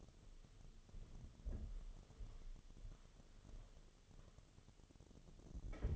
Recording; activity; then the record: daily activity, microphone in the room; walk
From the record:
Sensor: 4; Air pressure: 1016.2 hPa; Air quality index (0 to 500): 162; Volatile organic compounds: 6 ppm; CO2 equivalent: 1850 ppm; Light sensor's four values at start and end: 9/21/8/8 and 9/21/8/8